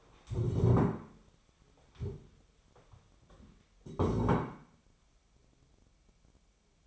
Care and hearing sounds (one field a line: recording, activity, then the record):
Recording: daily activity, microphone in the room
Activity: stand up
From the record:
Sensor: 1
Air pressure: 1015.2 hPa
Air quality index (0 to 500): 196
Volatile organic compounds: 22 ppm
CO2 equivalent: 2744 ppm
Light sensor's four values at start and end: 12/30/12/13 and 12/29/12/13